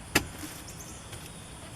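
A plastic clip holding the rear cargo side trim panel in the body of a 2006 Subaru Outback XT Limited lets go with a sharp snap at 0.2 s as the panel is lifted off to reach the strut top bolts for a rear shock replacement with Monroe Quick-struts. The panel is held by two plastic clips and no screws, and the clip releases cleanly, followed only by quiet background noise.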